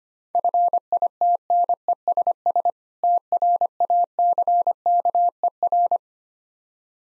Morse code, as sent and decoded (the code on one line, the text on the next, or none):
..-. .. - -. . ... ... / - .-. .- -.-. -.- . .-.
FITNESS TRACKER